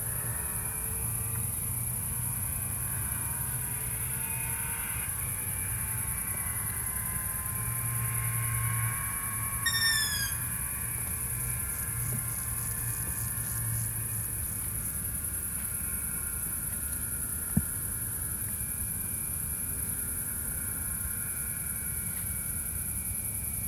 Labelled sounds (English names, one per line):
Long-eared Owl call